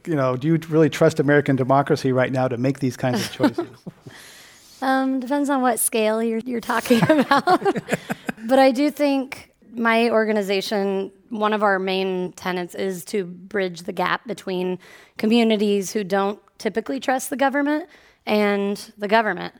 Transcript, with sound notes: and, you know, do you really trust American democracy right now to make these kinds of choices?
Depends on what scale you’re talking about.
[Laughter]
But I do think, my organization, one of our main tenets is to bridge the gap between communities who don't typically trust the government